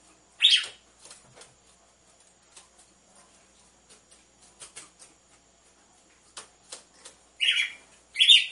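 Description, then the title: Red-cowled cardinal gives one sharp chirp, then a long pause filled with faint ticks, then two more chirps close together at the end. Female song, used to warm up males; played with the beat of two males. "Canto Galo Campina Fêmea 01. ESQUENTE GALO DE CAMPINA COM BATIDA DE DOIS MACHOS"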